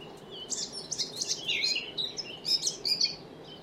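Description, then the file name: Eurasian blackcap singing a dense, scratchy warble of quick high notes, with a few clearer whistled notes near the end, over a faint background hiss. "Sylvia atricapilla"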